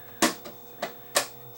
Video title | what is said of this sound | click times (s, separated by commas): Samsung UN32EH5300 Semi Smart TV with No Picture | snap into place like that | 0.2 s, 1.2 s